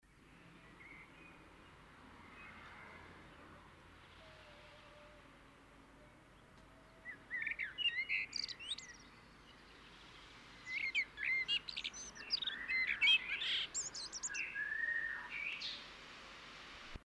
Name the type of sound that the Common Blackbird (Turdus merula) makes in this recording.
song